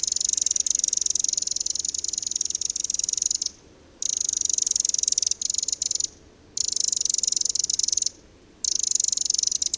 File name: Eurasian Wren (Troglodytes troglodytes)